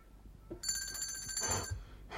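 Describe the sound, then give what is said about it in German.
A small hand bell is shaken to summon someone, a rapid, continuous jingle for just over a second, its bright, high metallic tones shimmering steadily before cutting off. No one speaks. “Kein Mensch hört mich. Klingeln ist wohl nicht laut genug.”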